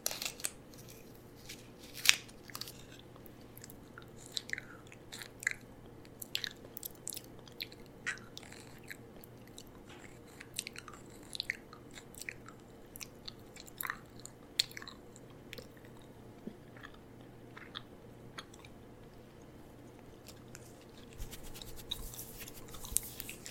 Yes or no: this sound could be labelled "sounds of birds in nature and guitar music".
no